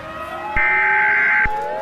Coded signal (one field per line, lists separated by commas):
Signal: Emergency Alert System (SAME) tones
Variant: header bursts